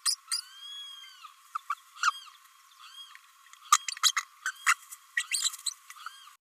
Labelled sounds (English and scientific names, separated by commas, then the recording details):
Green-rumped Parrotlet (Forpus passerinus) babbling
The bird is a female
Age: 29 days
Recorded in a nest box in Venezuela
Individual 17B32A5